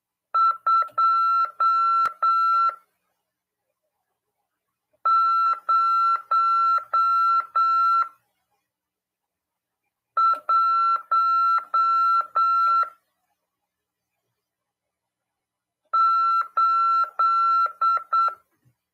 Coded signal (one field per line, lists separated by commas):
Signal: Morse code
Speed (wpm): 8 wpm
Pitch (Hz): 1350 Hz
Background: none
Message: 2 0 1 8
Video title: RADIOAMADOR 14/11/2022 "AULA 31: CW, LEGISLAÇÃO e C.RODADA" FM 146.410 Mhz. PY2EXU PAULO CRASP/RAF.